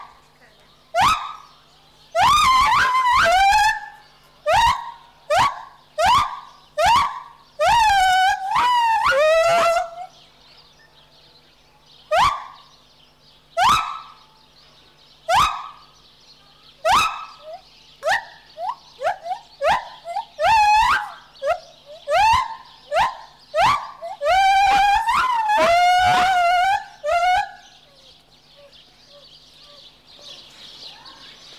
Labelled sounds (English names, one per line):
Lar Gibbon